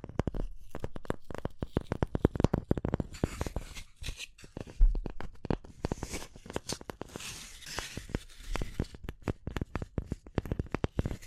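Tapping and scratching go on for the whole clip. Dense, irregular taps come in quick clusters with short gaps, and they are loudest at about 2 and 5 seconds. Between them runs a softer, bright scratching and rubbing that swells near 6 and 8 seconds.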